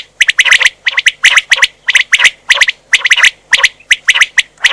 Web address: Batteria quaglia